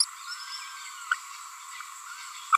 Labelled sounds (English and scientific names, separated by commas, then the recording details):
Green-rumped Parrotlet (Forpus passerinus) babbling
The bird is a female
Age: 29 days
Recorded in a nest box in Venezuela
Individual 17B42A4